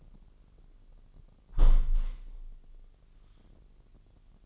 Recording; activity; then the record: daily activity, microphone in the room; close window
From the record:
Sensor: 4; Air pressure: 999.4 hPa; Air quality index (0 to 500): 130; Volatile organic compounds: 2 ppm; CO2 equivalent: 1283 ppm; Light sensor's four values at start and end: 19/46/19/21 and 19/46/19/21